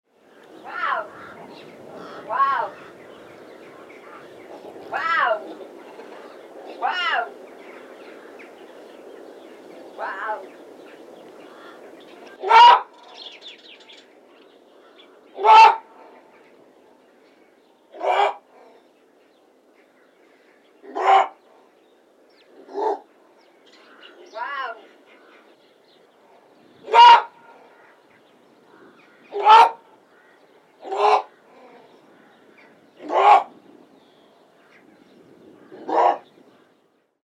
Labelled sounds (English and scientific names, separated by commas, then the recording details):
Jungle Cat (Felis chaus)
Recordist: Tembrock, Günter
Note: Paar Männchen: Rufe und Rufreihen beim Umherlaufen, Weibchen: leise purrende Laute